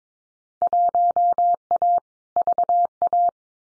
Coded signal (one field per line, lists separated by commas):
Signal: Morse code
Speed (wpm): 22 wpm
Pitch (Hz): 700 Hz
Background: none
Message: 1A VA